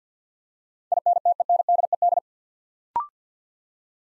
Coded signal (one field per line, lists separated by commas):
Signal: Morse code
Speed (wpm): 50 wpm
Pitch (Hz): 700 Hz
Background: none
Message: INTENDED